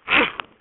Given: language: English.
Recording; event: throat vibration sensor signal played as sound; cough